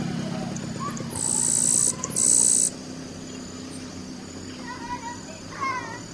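Yellow-browed sparrow giving two high, dry, insect-like buzzes in quick succession, each under a second long, with faint softer notes and a low background hum.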